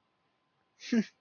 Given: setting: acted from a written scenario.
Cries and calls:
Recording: vocal sound without words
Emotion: amusement

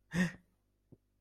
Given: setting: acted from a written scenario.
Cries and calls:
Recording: vocal sound without words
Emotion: negative surprise

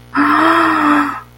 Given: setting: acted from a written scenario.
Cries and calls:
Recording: vocal sound without words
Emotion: awe

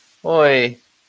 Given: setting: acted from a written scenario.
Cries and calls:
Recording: vocal sound without words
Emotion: distress

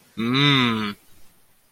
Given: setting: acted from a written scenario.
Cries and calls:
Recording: vocal sound without words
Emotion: desire

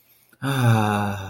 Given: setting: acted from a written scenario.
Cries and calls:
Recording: vocal sound without words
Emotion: serenity

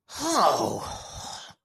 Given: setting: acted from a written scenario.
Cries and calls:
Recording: vocal sound without words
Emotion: anger

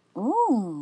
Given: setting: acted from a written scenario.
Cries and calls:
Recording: vocal sound without words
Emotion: interest

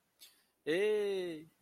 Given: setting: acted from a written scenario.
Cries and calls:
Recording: vocal sound without words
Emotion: adoration

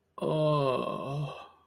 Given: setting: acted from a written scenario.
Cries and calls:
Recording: vocal sound without words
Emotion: ecstasy

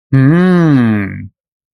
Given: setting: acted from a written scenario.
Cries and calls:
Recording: vocal sound without words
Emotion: realization

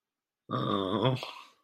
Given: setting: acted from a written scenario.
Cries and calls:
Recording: vocal sound without words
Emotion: shame

